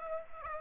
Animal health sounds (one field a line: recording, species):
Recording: mosquito wingbeat signal from an infrared sensor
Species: Aedes aegypti